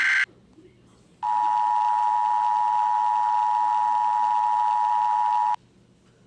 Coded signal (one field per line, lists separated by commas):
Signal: Emergency Alert System (SAME) tones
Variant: 853 and 960 Hz attention tone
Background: speech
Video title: EAS Scenario: Nuclear Disaster Part 1